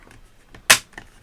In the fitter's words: Place that back together, make sure it clicks.